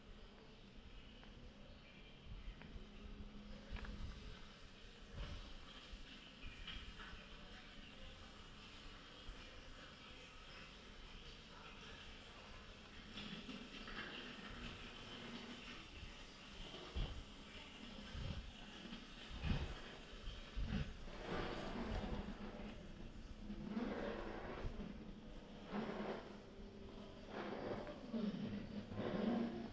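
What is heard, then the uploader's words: Busy indoor ambience at a New York museum exhibition, with a steady low rumble like traffic or a passing train beneath. Scattered knocks, footsteps and brief clatters come every few seconds, growing denser and louder after about twenty seconds, with faint voices. Sounds from the New Museum Triennial. New York Sounds.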